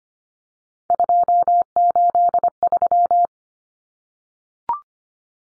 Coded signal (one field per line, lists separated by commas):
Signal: Morse code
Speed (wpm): 25 wpm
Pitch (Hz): 700 Hz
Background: none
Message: 283